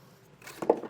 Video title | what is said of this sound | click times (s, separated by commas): etrailer - How to Install the Curt In Bed Custom Wiring Harness on a 2024 GMC Sierra 2500 | but this will snap in place | 0.7 s